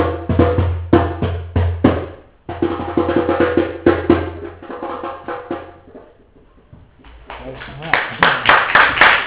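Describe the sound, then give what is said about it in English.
A group claps for a girl who has just played a beat, in steady, rhythmic bursts of sharp, crisp hand strikes that briefly thin out before picking back up, with voices talking over parts of it. “Wow, let's clap for her. Give her a clap.”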